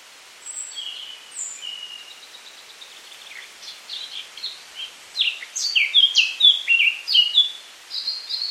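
Eurasian Blackcap song with a few sharp high notes, a long subdued chattering warble, then a loud, fluty crescendo of clear whistles in the last few seconds.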